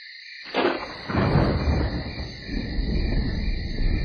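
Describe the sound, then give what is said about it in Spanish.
Crickets chirp in cricket season in a steady, high-pitched trill throughout, while a deep, rolling rumble of thunder from a storm swells in underneath after the first half-second and lingers. No one speaks. “Lo de la tormenta es más raro, pero lo de los grillos sí es normal. Es época de grillos.”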